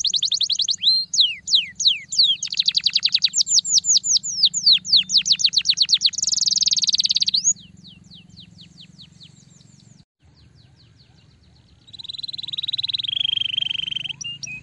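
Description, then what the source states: Belgian canary singing rapid rolling tours of falling whistled notes and a harsh buzzy trill, then a quiet pause before a long rasping trill. Canary song used to warm up a canary.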